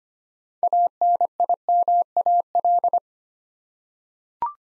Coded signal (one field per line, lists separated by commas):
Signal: Morse code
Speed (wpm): 25 wpm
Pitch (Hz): 700 Hz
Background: none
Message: ANIMAL